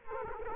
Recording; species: mosquito wingbeat signal from an infrared sensor; Culex quinquefasciatus